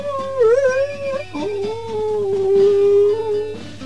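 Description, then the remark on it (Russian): A dog named Alyi howls in one long, unbroken wail lasting several seconds, its pitch wavering and sliding before settling into a steady, mournful tone, with a faint low hum underneath. “Он поднимал голову, и утомительный вой вылетал из его горла.”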